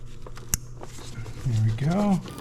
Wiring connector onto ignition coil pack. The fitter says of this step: go again you'll hear it snap